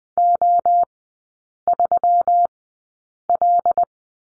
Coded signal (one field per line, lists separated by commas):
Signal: Morse code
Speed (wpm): 20 wpm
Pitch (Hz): 700 Hz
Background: none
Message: O3L